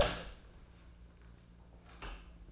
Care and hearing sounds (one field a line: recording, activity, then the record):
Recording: daily activity, microphone in the room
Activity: open door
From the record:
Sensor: 2